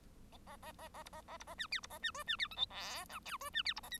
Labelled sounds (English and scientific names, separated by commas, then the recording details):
Bengalese Finch (Lonchura striata domestica) song
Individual Bird1